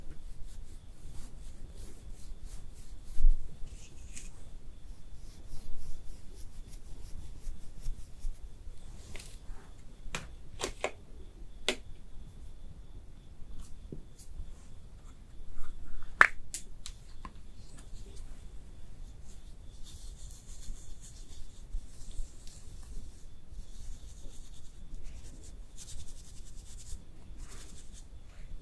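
Quiet makeup ASMR sounds with no speaking: soft rubbing and brushing over a low, steady rumble. Sharp little taps and clicks land now and then, clustering near the third, tenth to twelfth, and sixteenth seconds, with light, airy brushing strokes later on.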